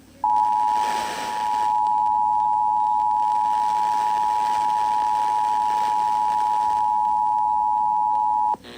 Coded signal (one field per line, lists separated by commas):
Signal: Emergency Alert System (SAME) tones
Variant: 853 and 960 Hz attention tone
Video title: EAS #2876 Tornado Warning on WZOK